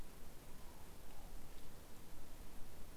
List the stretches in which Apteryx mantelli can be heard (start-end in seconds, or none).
none